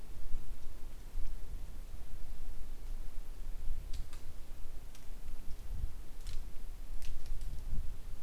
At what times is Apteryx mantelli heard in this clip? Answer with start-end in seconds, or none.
none